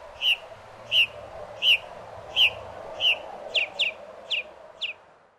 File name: northernmockingbird